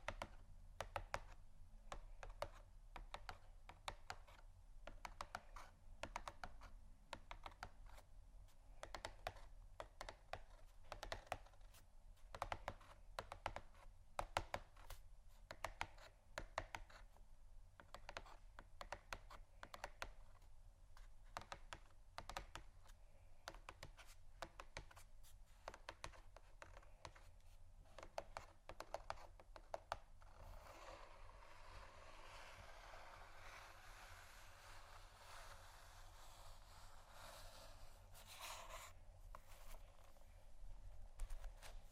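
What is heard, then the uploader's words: Quick, uneven tapping on cardboard boxes patters along, dense clicks coming several per second like busy typing. After about thirty seconds it turns into steadier, brighter scratching. A low hum runs underneath throughout. ASMR Scratching & Tapping Cardboard Boxes（No Talking）.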